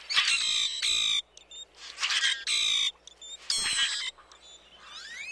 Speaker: You can hear the roaring calls of common grackles in the eastern U.S. and Canada.